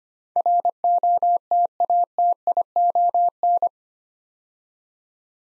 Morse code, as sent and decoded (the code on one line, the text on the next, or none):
.-. --- - .- - .. --- -.
ROTATION